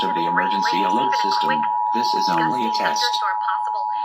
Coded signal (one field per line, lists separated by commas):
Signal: Emergency Alert System (SAME) tones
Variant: 853 and 960 Hz attention tone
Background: speech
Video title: EAS Required Monthly test on 830 WCCO-AM WCCO-HD (KMNB-HD2) KARE-TV and Xfinity